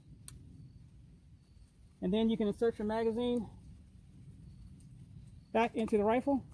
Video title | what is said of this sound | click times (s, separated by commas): Crosman 1077 TACTICAL Shooting Test | Push it back till it clicks, | 0.3 s